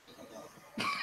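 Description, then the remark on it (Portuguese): A single harsh, loud cough from a person who is a bit unwell bursts out after a stretch of quiet, low background murmur, cutting in sharply near the end and staying raspy and breathy. “De vez em quando eu vou tossir.”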